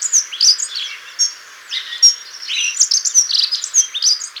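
Dunnock song: a dense, hurried jingle of high squeaky notes that tumble rapidly up and down.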